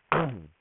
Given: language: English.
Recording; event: throat vibration sensor signal played as sound; throat clearing